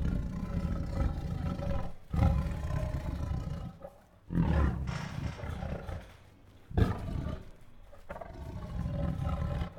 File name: Sound Ideas. Restless with Growls, Huffs, Moans and Roars